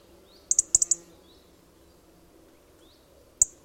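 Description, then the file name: European robin giving sharp, high ticking calls, a quick burst of several near the start and one more after a long pause, with faint thin chirps between. "Erithacus rubecula"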